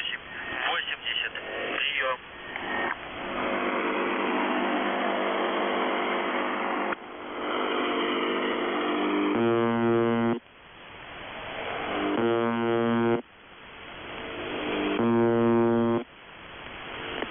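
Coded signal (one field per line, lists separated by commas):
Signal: numbers station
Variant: UVB-76 (The Buzzer)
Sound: hissy shortwave static, then three one-second harsh buzzes about three seconds apart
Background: radio static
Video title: The Buzzer/UVB-76(4625Khz) Feb. 4th 2020 15:08UTC Voice message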